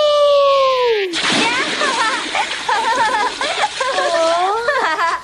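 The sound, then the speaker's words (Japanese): A long whooping shout gives way to a sudden loud splash of someone jumping into an indoor pool with a sea view, followed by churning, sloshing water under excited voices, in the 1987 TVB Cantonese version of the cartoon City Hunter. “啊，有钱真系有钱，啲泳池水都甜啲嘅。”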